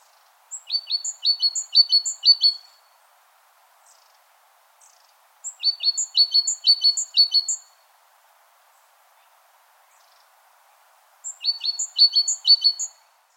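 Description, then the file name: Great tit song: three bouts of about five quick, high two-note phrases, each bout lasting about two seconds and separated by pauses of a few seconds, with a faint background hum. "Parus major"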